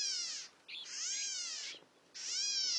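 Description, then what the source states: California Gnatcatcher calls: three drawn-out, harsh, nasal mewing notes, each about half a second or longer, separated by short pauses. Rare bird preferring coastal scrublands of Baja California; looks and sounds much like the Black-capped Gnatcatcher; population declining due to habitat loss.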